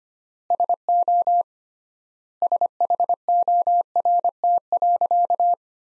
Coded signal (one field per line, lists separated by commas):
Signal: Morse code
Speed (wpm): 25 wpm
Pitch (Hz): 700 Hz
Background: none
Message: SO SHORT.